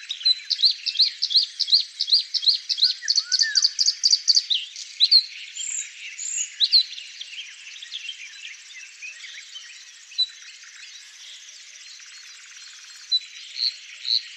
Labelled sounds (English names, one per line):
Bluethroat song